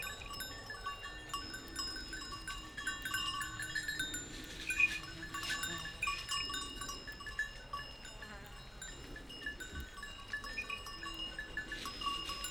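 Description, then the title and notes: Goats grazing while their bells tinkle irregularly, clusters of bright ringing notes coming and going. A few goats grazing on a sloping meadow, their bells tinkling at random; Village Tipi, Route du Revard, Montcel near Chambéry, Savoie, France. "Village Tipi, Route du Revard, Chalets de la Clusaz, Montcel, Chambéry, Savoie, Auvergne-Rhône-Alpes, France métropolitaine, 73100, France - Les chèvres. Quelques chèvres broutent dans une prairie en pente, le raffiné tintement aléatoire de leurs clochettes empli l'espace, un discret criquet stridule dans les herbes"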